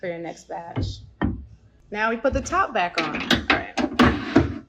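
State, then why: Seated. The top plate of a manual capsule-filling machine is lined up and put back onto the base tray holding the filled capsule halves while someone talks. A sharp click is heard at 4.0 s as the top plate seats into place on the base, followed by a softer knock at about 4.4 s.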